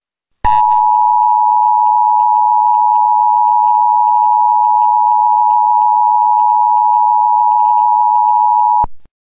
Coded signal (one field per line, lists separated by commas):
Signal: Emergency Alert System (SAME) tones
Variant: 853 and 960 Hz attention tone